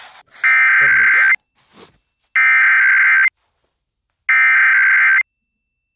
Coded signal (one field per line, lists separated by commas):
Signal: Emergency Alert System (SAME) tones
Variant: header bursts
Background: speech